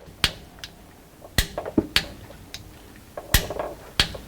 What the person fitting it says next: I hope you can hear the torque wrench click